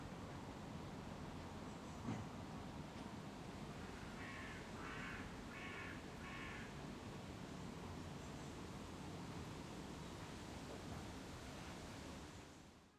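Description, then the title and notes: Bird calls, a short series of four harsh, buzzy notes repeated in quick succession over steady low background hum. Birds recorded on a terrace at Rue du Craetveld 135, Brussels, Belgium. "Rue du Craetveld 135, 1120 Bruxelles, Belgique - Les oiseaux. Sur ma terrasse"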